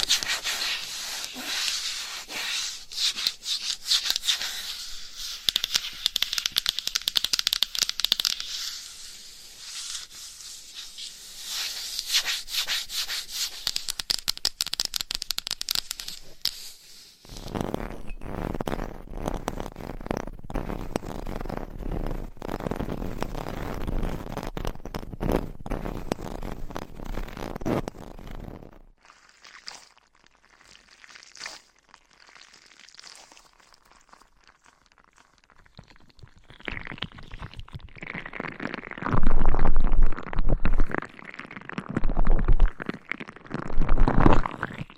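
Scratching, tapping and rubbing with different items and nails, changing texture every several seconds. Bright hissy scratching fills the first seventeen seconds, then a fuller, denser rubbing until about 29 seconds, a near-silent pause, and finally louder uneven strokes with sharp bursts near the end.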